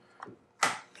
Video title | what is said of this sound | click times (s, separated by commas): FN Model 30: The First Belgian BAR | snaps into place there, keeps the gun clean, that's a nice addition. | 0.6 s